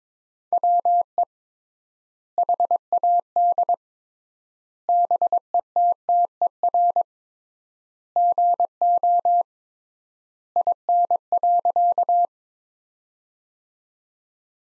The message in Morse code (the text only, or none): WE HAD BETTER GO IN.